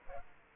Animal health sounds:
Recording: mosquito wingbeat signal from an infrared sensor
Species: Culex quinquefasciatus

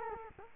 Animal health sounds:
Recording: mosquito wingbeat signal from an infrared sensor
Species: Culex quinquefasciatus

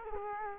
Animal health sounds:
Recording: mosquito wingbeat signal from an infrared sensor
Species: Culex quinquefasciatus

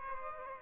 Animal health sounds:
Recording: mosquito wingbeat signal from an infrared sensor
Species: Aedes albopictus

